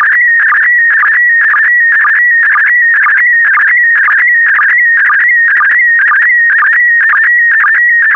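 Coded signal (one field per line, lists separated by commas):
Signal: SSTV (slow-scan television)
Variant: PD120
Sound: warbling whistle-like tone with a rhythmic chirping dip about twice per second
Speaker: complete you can now check your decoded image against the picture that is shown on the video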